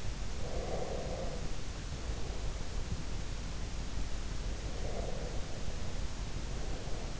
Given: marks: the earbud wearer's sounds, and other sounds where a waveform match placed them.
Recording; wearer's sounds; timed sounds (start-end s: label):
sounds in sleep by an in-ear microphone; breath
0.38-2.78 s: breath
4.54-7.20 s: breath